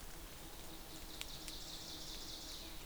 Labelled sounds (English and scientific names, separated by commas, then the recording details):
Ovenbird (Seiurus aurocapilla) song
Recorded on 2 June 2016 at 08:49
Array SBT-3-7